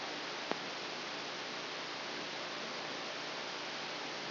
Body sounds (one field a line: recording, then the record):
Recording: brain microelectrode recording played as sound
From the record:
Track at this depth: outside the subthalamic nucleus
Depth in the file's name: -0.483 mm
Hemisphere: left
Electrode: 2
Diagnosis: Parkinson's disease